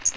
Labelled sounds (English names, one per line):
Magnolia Warbler flight call